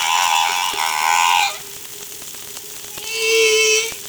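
Whale calls: a buzzy, layered call lasting about a second and a half, a steady low hum, then a second bright harmonic call, with scattered clicks throughout.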